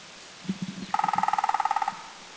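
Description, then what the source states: Crimson-breasted woodpecker drum, a quick roll of about twenty evenly spaced ringing taps in roughly one second, preceded by a few soft low knocks. Drumming recorded at Doi Lang, northern Thailand.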